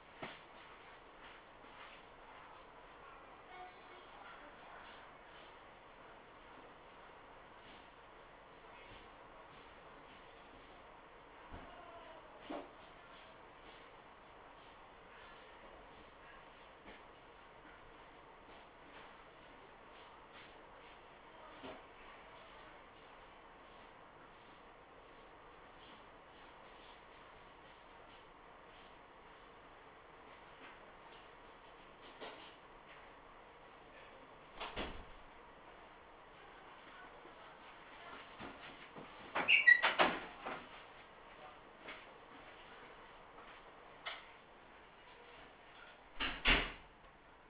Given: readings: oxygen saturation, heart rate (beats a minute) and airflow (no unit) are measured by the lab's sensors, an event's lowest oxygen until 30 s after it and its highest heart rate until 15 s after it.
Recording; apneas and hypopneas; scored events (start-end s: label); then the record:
a person awake in a sleep study, by a voice recorder at the bedside; none
0.00-47.50 s: awake
0.00-47.50 s: awake
From the record:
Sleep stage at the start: awake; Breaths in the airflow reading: 17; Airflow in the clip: -0.6 to 0.7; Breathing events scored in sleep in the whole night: 328 in 6.3 hours asleep